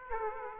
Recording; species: mosquito wingbeat signal from an infrared sensor; Aedes aegypti